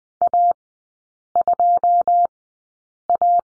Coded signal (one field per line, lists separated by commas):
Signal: Morse code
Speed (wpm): 20 wpm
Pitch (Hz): 700 Hz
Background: none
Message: A2A